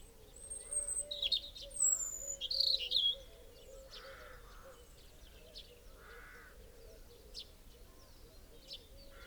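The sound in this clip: European robin: a short run of high, thin whistles and quick trilled notes in the first three seconds, then only a steady hum and soft repeated noise bursts.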